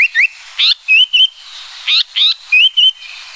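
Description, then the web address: Japanese paradise flycatcher song: rising whistles alternating with buzzy slurred notes and clear level whistles, repeated twice in quick phrases. "sikioto. sankoucho"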